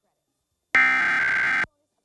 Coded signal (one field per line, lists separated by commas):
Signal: Emergency Alert System (SAME) tones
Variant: header bursts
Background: speech